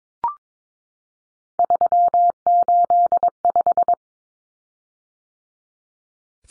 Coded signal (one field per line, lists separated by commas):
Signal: Morse code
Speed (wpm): 22 wpm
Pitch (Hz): 700 Hz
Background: none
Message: 385